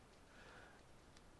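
A 3.5 mm headphone jack plug is pushed into the socket of a USB-C adapter over a low background hiss. A short, sharp click at 1.2 s marks the plug seating fully. The plug ends up pushed home, in nice and tight.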